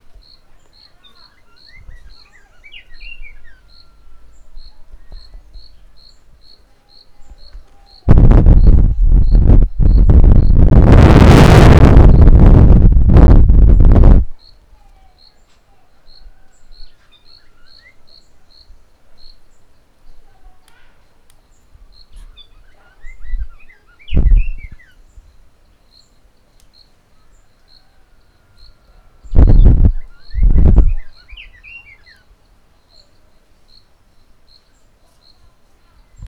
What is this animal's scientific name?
Sylvia abyssinica